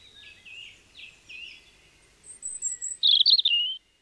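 Robin song: soft, high warbled phrases, then a thin, very high sustained note and a loud, rapid twittering burst near the end.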